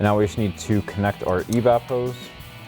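Someone talks while handling the EVAP hose's plastic quick-connect fitting, about to push it onto its port on the new K&N Series 69 Typhoon cold air intake tube of a 2024-2026 Mustang GT. Nothing has seated or clicked yet.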